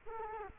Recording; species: mosquito wingbeat signal from an infrared sensor; Culex quinquefasciatus